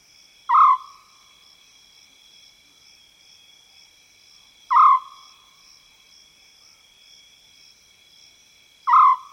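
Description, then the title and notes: African scops owl calling a brief, rough purr repeated roughly every four seconds, three calls in all, with constant shrill insect drone behind. Wild African scops owl recorded in South Luangwa savanna woodland. "African Scops Owl In The Savanna. the call of the African scops owl, recorded in the wild expanse that is the South Luangwa savanna woodland"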